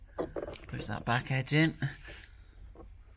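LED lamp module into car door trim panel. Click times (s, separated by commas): 0.6 s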